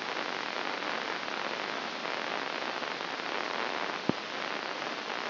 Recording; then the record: brain microelectrode recording played as sound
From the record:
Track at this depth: inside the subthalamic nucleus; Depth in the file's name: 1.437 mm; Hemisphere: left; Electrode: 2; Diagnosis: Parkinson's disease